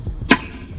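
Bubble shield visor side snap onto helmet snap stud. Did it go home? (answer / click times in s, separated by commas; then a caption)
yes / 0.3 s. A side snap of a bubble shield visor is pressed onto the helmet's snap stud after the middle snap is already fastened. A faint low bump comes first, then one sharp, bright snap at 0.3 s as it clicks into place, followed by quiet handling. The side snap is seated.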